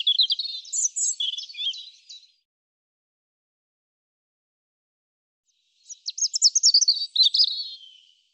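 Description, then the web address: European robin song of two rapid, high warbled phrases separated by a few seconds of silence, the second ending in a falling tail. "cianscape birddata Deverinetal 2025 Bird Er Ru"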